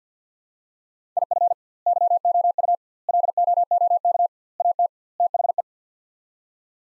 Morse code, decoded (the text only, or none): IF YOU LOOK AT THE